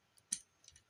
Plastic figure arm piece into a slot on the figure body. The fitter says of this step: there there soft lock in place you can hear a little click